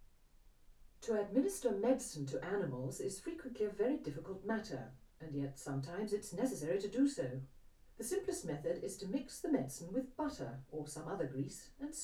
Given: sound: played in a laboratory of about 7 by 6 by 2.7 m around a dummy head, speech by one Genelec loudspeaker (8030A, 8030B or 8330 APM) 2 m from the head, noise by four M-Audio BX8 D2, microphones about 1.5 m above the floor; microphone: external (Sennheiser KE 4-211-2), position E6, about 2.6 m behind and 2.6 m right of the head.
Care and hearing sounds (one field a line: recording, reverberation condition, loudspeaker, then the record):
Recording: female speech in English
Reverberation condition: low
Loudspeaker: 120 degrees to the left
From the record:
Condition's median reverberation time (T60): about 310 ms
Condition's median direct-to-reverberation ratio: about 3.5 dB